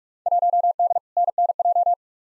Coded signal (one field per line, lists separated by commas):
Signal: Morse code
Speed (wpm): 46 wpm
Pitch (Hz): 700 Hz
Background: none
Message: 1D NNJ